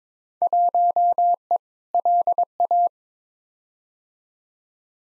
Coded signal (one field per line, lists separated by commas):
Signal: Morse code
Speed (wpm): 22 wpm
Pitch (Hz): 700 Hz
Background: none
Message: 1E LA